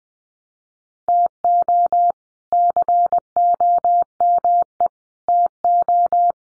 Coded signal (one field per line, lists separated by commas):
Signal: Morse code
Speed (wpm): 20 wpm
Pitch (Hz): 700 Hz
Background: none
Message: TO COME TO